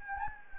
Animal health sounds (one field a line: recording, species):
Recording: mosquito wingbeat signal from an infrared sensor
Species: Anopheles gambiae